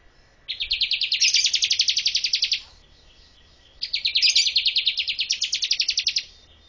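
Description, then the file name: Bar-winged prinia giving two long runs of fast, rattling high notes. Each run lasts roughly two seconds and starts slightly lower before brightening. "suara ciblek kurawa"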